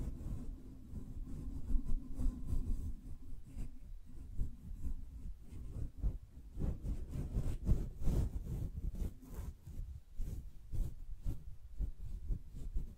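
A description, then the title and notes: Gentle brushing strokes repeat at a steady, fairly quick pace, each one a soft scratchy rub with a low, muffled body. A faint low hum sits under the first few seconds, and after that the strokes grow crisper and more distinct through to the end. ASMR Gently Brushing Your Brain (No Talking).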